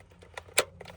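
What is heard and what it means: A wiring connector for the bottom heater controls is pushed back into the heater control panel of a Civic dash. After a few faint ticks, a loud, sharp click at 0.6 s shows the connector is seated. A smaller tick follows near 0.8 s.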